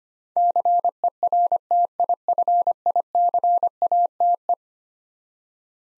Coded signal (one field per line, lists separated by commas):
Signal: Morse code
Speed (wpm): 25 wpm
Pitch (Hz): 700 Hz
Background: none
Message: CERTIFICATE